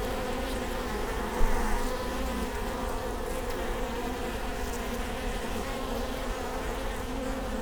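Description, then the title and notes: Honey bees droning continuously, a dense layered hum with one brief louder bump early on, otherwise steady throughout. Bee hive at Prinzessinnengarten, Hermannstraße, Berlin, Germany; recorded with Sony PCM D50 and Primo EM172. "Prinzessinnengarten II, Hermannstraße, Berlin, Deutschland - bee hive. bee hive at Prinzessinnengarten"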